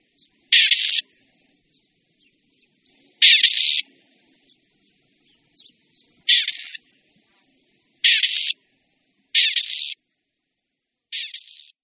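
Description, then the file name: Grey partridge, rough scraping calls spaced irregularly, about six loud rasps with faint softer notes between them. "Koroptev-polní"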